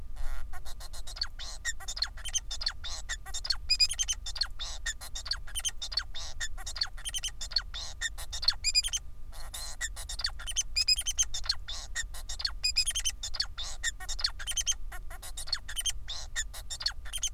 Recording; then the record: song of a male Bengalese finch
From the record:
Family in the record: son of father 4